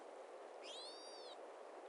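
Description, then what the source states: Pilot whale whistle: a single rising then gently falling tonal sweep with bright harmonics, lasting under a second over steady background hiss. Call type 31b.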